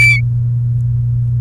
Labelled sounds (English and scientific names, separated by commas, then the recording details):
Domestic Canary (Serinus canaria) song
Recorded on 29 April 2018 at 15:05
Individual llb3